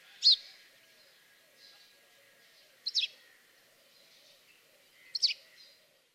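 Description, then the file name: House sparrow chirps, three sharp high notes spaced about two and a half seconds apart over a quiet background. "Passer domesticus"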